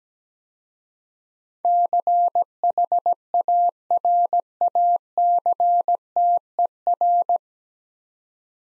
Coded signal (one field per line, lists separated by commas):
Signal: Morse code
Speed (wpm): 17 wpm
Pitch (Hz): 700 Hz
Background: none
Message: CHARACTER